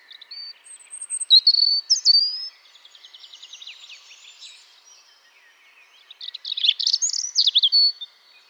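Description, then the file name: European robin singing: thin, high, liquid warbled phrases with sharp rising and falling whistles, separated by softer trilling passages and a short pause before a bright final burst. "Erithacus rubecula"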